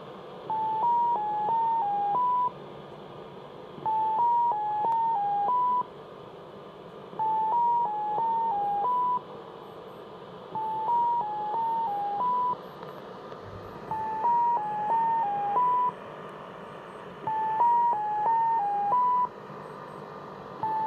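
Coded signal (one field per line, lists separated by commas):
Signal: numbers station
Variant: X06 Mazielka polytone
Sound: repeating groups of six short stepped electronic tones around 1 kHz, brief pauses between groups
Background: radio static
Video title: SW DX - X06 Mazielka Numbers Station, received in Sofia, Bulgaria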